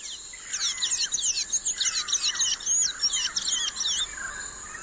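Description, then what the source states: Blue-gray Tanager song: a squeaky twitter of high, rapidly rising and falling notes, run together in several parts. Very raspy song in multiple parts, likened to "tease" and "tsk tsk".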